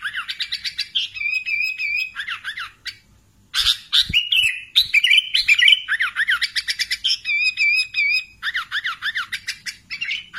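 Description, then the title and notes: Sooty-headed bulbul song, bubbly phrases of rising and falling whistled notes in quick bursts, with a short pause early on. "Kicau Burung Kutilang"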